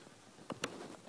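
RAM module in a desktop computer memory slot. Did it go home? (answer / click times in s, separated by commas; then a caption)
yes / 0.6 s. A RAM module is pressed down into an iMac memory slot while the computer is held steady. After a faint tap at 0.5 s, a very small, quiet click at 0.6 s shows the module seating in its slot, followed by another faint tap near 1.1 s. The module is seated.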